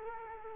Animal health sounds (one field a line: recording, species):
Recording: mosquito wingbeat signal from an infrared sensor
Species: Culex quinquefasciatus